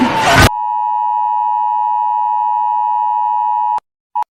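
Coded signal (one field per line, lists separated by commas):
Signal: Emergency Alert System (SAME) tones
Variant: 853 and 960 Hz attention tone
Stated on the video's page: Animated recreation, not a real broadcast.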